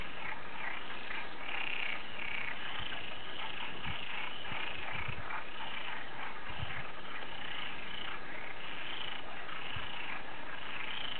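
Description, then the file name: Frog chorus of many overlapping croaking calls, continuous, with occasional short low thumps beneath the steady calling. "froesche"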